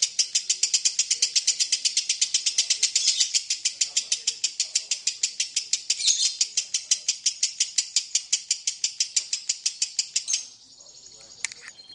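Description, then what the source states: Lovebird chattering song: a long, fast run of sharp, high notes for about ten seconds, then it stops, leaving a few faint sounds. Long lovebird ngekek song, used as a lure song (kicau pancingan).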